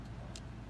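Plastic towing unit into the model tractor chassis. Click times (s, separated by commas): 0.4 s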